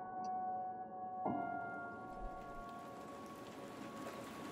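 Steady rain falls on a gloomy, windy day in a dense, even hiss, with a low sustained tonal hum running underneath and a brief sharper burst partway through. No one speaks.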